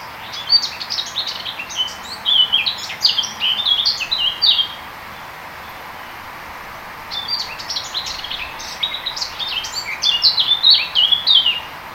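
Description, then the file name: Eurasian blackcap singing two rich, varied warbling phrases of high whistled notes, each about four to five seconds long, separated by a few seconds of quiet hiss. "sylvia atricapilla"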